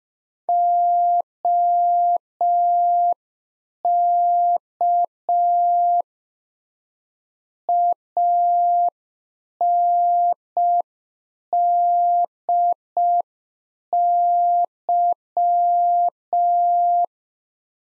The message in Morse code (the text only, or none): OK ANDY